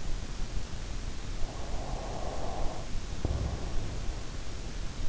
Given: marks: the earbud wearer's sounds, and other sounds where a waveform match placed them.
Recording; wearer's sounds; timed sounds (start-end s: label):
sounds in sleep by an in-ear microphone; breath
1.26-4.49 s: breath